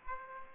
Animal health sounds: mosquito wingbeat signal from an infrared sensor; Aedes aegypti

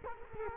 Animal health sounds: mosquito wingbeat signal from an infrared sensor; Culex quinquefasciatus

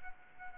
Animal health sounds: mosquito wingbeat signal from an infrared sensor; Anopheles arabiensis

